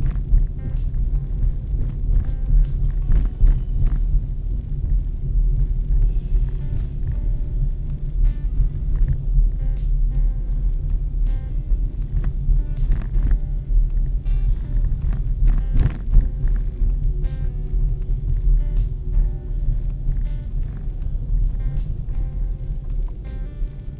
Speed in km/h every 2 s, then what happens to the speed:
33, 33, 32, 30, 31, 30, 30, 28, 27, 26, 25, 24.
0-24 slows to 24.